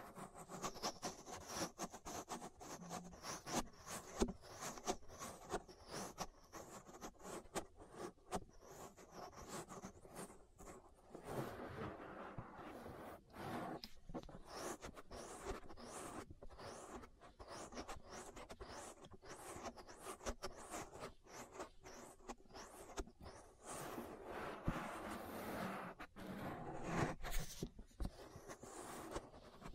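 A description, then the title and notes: Ear massage sounds: dense, rapid rubbing and crackling strokes that fill the full half minute, growing busier and brighter near the end. ASMR Relaxing Ear Massage.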